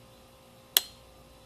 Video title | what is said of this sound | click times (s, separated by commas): Minolta MD Rokkor-X 50mm f/1.4 conversion to Canon EOS | and that clicked and just like that | 0.8 s